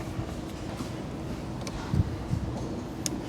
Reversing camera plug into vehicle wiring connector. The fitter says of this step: It's as easy as just pushing in. Make sure you hear the click, and then we're going to tidy up this wiring.